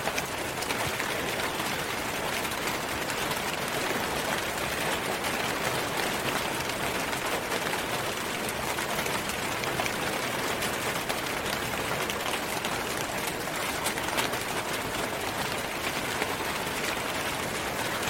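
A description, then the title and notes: Heavy rain falls steadily in a rainforest, a dense, unbroken hiss that spreads from low rumble up to bright crackle. Countless tiny drop impacts patter without pause, and the loudness stays level throughout with no separate events standing out. Rainforest Rain Sounds. White Noise Rainstorm.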